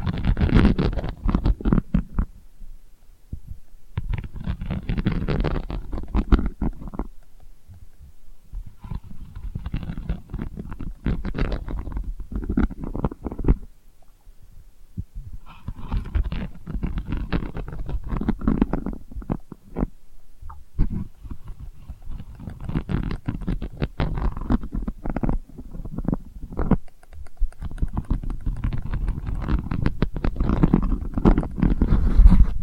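Delicate scratching comes in bursts of dense, crackly rustling, mostly low and soft with grainy detail reaching higher. Brief quiet gaps break it up near 3, 8, 14 and 20 seconds, and the scratching returns each time at a fairly even level.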